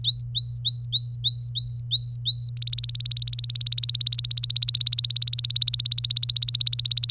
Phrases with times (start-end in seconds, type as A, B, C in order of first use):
0.04-2.49 A, 2.57-7.11 B